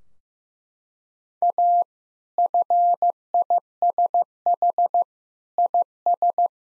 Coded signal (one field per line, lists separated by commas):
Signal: Morse code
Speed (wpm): 16 wpm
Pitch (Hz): 700 Hz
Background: none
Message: A FISH IS